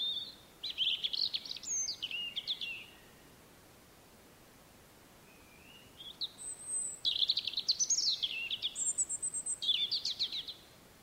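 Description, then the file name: European robin singing two sparkling phrases of high whistles and quick jumbled trills, with a pause of several seconds between them; faint background hiss. "rodhake"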